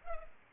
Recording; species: mosquito wingbeat signal from an infrared sensor; Culex pipiens